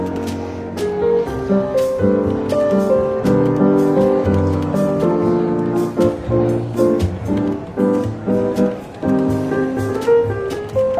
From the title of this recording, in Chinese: 伦敦书店咖啡馆轻微喧闹氛围与柔和轻松的爵士背景音乐